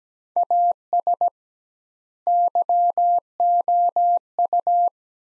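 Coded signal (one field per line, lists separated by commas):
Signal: Morse code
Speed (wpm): 17 wpm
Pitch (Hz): 700 Hz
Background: none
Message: AS YOU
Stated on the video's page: Morse practice drill of two-word sets at 17 wpm with double word spacing, a word-based approach analogous to Farnsworth.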